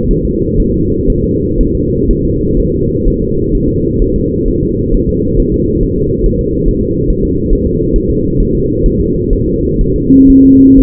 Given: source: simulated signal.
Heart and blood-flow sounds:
fetal heart sounds
0.11 s: S1
0.25 s: S2
0.60 s: S1
0.74 s: S2
1.10 s: S1
1.24 s: S2
1.61 s: S1
1.75 s: S2
2.11 s: S1
2.25 s: S2
2.60 s: S1
2.74 s: S2
3.08 s: S1
3.22 s: S2
3.55 s: S1
3.69 s: S2
4.02 s: S1
4.16 s: S2
4.48 s: S1
4.63 s: S2
4.94 s: S1
5.09 s: S2
5.39 s: S1
5.54 s: S2
5.83 s: S1
5.98 s: S2
6.26 s: S1
6.41 s: S2
6.68 s: S1
6.83 s: S2
7.10 s: S1
7.25 s: S2
7.53 s: S1
7.67 s: S2
7.96 s: S1
8.11 s: S2
8.40 s: S1
8.55 s: S2
8.86 s: S1
9.01 s: S2
9.33 s: S1
9.48 s: S2
9.81 s: S1
9.96 s: S2
10.30 s: S1
10.45 s: S2
10.80 s: S1
From the record:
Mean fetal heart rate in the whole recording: 130 bpm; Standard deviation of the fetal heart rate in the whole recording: 4 bpm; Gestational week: 38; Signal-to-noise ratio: -10.2 dB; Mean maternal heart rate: 72 bpm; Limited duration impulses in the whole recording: present

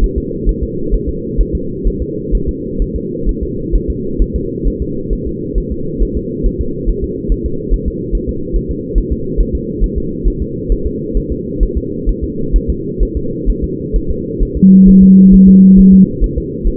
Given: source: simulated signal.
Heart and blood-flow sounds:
fetal heart sounds
0.04 s: S1
0.18 s: S2
0.49 s: S1
0.63 s: S2
0.94 s: S1
1.09 s: S2
1.41 s: S1
1.55 s: S2
1.88 s: S1
2.02 s: S2
2.35 s: S1
2.49 s: S2
2.82 s: S1
2.96 s: S2
3.29 s: S1
3.43 s: S2
3.75 s: S1
3.90 s: S2
4.22 s: S1
4.36 s: S2
4.67 s: S1
4.82 s: S2
5.13 s: S1
5.27 s: S2
5.58 s: S1
5.72 s: S2
6.02 s: S1
6.17 s: S2
6.46 s: S1
6.61 s: S2
6.89 s: S1
7.04 s: S2
7.32 s: S1
7.46 s: S2
7.74 s: S1
7.88 s: S2
8.15 s: S1
8.29 s: S2
8.56 s: S1
8.71 s: S2
8.98 s: S1
9.12 s: S2
9.40 s: S1
9.55 s: S2
9.84 s: S1
9.98 s: S2
10.28 s: S1
10.42 s: S2
10.72 s: S1
10.87 s: S2
11.17 s: S1
11.32 s: S2
11.63 s: S1
11.78 s: S2
12.09 s: S1
12.24 s: S2
12.56 s: S1
12.70 s: S2
13.03 s: S1
13.17 s: S2
13.49 s: S1
13.64 s: S2
13.96 s: S1
14.11 s: S2
14.43 s: S1
14.57 s: S2
14.89 s: S1
15.03 s: S2
15.34 s: S1
15.48 s: S2
15.79 s: S1
15.94 s: S2
16.24 s: S1
16.38 s: S2
16.67 s: S1
From the record:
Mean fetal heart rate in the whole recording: 135 bpm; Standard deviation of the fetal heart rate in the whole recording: 3 bpm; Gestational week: 36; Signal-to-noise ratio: -6.6 dB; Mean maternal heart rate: 72 bpm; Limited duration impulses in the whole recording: present

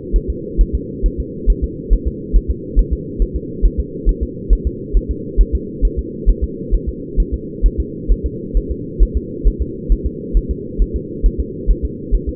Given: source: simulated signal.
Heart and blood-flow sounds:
fetal heart sounds
0.16 s: S1
0.30 s: S2
0.61 s: S1
0.75 s: S2
1.06 s: S1
1.20 s: S2
1.50 s: S1
1.64 s: S2
1.93 s: S1
2.07 s: S2
2.36 s: S1
2.50 s: S2
2.79 s: S1
2.93 s: S2
3.22 s: S1
3.36 s: S2
3.65 s: S1
3.80 s: S2
4.09 s: S1
4.23 s: S2
4.53 s: S1
4.67 s: S2
4.97 s: S1
5.11 s: S2
5.41 s: S1
5.55 s: S2
5.85 s: S1
5.99 s: S2
6.29 s: S1
6.44 s: S2
6.74 s: S1
6.89 s: S2
7.20 s: S1
7.34 s: S2
7.66 s: S1
7.80 s: S2
8.12 s: S1
8.26 s: S2
8.57 s: S1
8.71 s: S2
9.03 s: S1
9.17 s: S2
9.47 s: S1
9.62 s: S2
9.92 s: S1
10.06 s: S2
10.37 s: S1
10.51 s: S2
10.82 s: S1
10.96 s: S2
11.26 s: S1
11.40 s: S2
11.71 s: S1
11.85 s: S2
12.15 s: S1
12.29 s: S2
From the record:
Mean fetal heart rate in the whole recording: 135 bpm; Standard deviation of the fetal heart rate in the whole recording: 3 bpm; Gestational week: 36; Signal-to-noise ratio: -4.1 dB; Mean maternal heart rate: no maternal heart sound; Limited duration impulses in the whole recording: absent

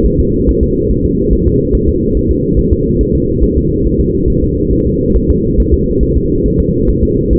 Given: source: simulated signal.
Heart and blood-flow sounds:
fetal heart sounds
0.06 s: S1
0.20 s: S2
0.49 s: S1
0.63 s: S2
0.91 s: S1
1.05 s: S2
1.33 s: S1
1.47 s: S2
1.75 s: S1
1.89 s: S2
2.17 s: S1
2.31 s: S2
2.59 s: S1
2.73 s: S2
3.01 s: S1
3.15 s: S2
3.44 s: S1
3.57 s: S2
3.87 s: S1
4.00 s: S2
4.30 s: S1
4.44 s: S2
4.73 s: S1
4.87 s: S2
5.16 s: S1
5.30 s: S2
5.60 s: S1
5.74 s: S2
6.03 s: S1
6.17 s: S2
6.46 s: S1
6.60 s: S2
6.89 s: S1
7.03 s: S2
7.33 s: S1
From the record:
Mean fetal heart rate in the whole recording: 140 bpm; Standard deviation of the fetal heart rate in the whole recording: 2 bpm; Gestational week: 34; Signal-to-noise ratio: -14.7 dB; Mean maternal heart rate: 72 bpm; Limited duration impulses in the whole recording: present

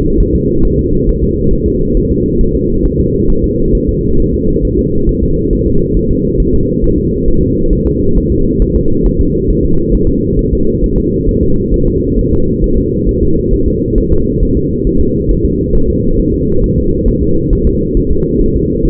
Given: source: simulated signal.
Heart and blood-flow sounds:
fetal heart sounds
0.20 s: S1
0.35 s: S2
0.65 s: S1
0.79 s: S2
1.09 s: S1
1.24 s: S2
1.53 s: S1
1.68 s: S2
1.97 s: S1
2.12 s: S2
2.41 s: S1
2.56 s: S2
2.85 s: S1
3.00 s: S2
3.30 s: S1
3.44 s: S2
3.75 s: S1
3.89 s: S2
4.20 s: S1
4.34 s: S2
4.65 s: S1
4.79 s: S2
5.09 s: S1
5.24 s: S2
5.53 s: S1
5.67 s: S2
5.97 s: S1
6.11 s: S2
6.40 s: S1
6.54 s: S2
6.84 s: S1
6.98 s: S2
7.28 s: S1
7.43 s: S2
7.73 s: S1
7.87 s: S2
8.18 s: S1
8.32 s: S2
8.62 s: S1
8.76 s: S2
9.06 s: S1
9.21 s: S2
9.51 s: S1
9.65 s: S2
9.95 s: S1
10.09 s: S2
10.39 s: S1
10.53 s: S2
10.84 s: S1
10.98 s: S2
11.29 s: S1
11.43 s: S2
11.74 s: S1
11.88 s: S2
12.19 s: S1
12.33 s: S2
12.64 s: S1
12.78 s: S2
13.09 s: S1
13.23 s: S2
13.54 s: S1
13.68 s: S2
13.98 s: S1
14.12 s: S2
14.43 s: S1
14.57 s: S2
14.87 s: S1
15.01 s: S2
15.31 s: S1
15.46 s: S2
15.75 s: S1
15.90 s: S2
16.20 s: S1
16.34 s: S2
16.64 s: S1
16.78 s: S2
17.08 s: S1
17.23 s: S2
17.53 s: S1
17.67 s: S2
17.97 s: S1
18.12 s: S2
18.41 s: S1
18.56 s: S2
18.85 s: S1
From the record:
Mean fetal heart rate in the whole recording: 135 bpm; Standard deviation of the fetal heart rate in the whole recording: 3 bpm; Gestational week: 36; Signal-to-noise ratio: -16.4 dB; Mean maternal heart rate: 72 bpm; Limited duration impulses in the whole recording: present

